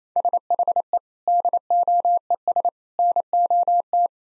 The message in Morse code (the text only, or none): SHE DOES NOT